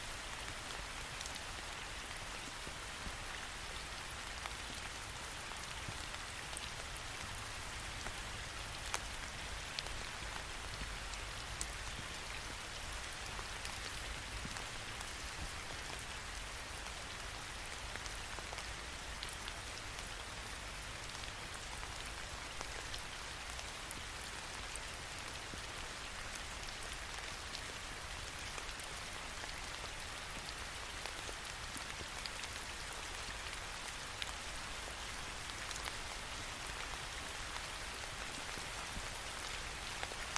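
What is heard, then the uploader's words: Steady rain falls throughout, a dense, even hiss bright with countless tiny drop taps, with occasional sharper individual drops standing out. A soft low rumble sits underneath, and the level holds constant from start to finish. Rain sound.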